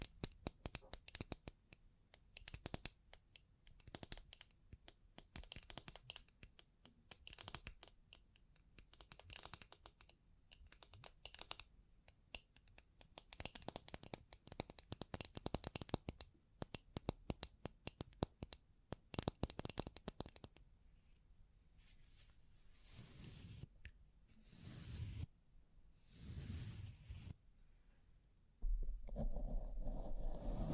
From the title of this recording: Bling Bling Triggers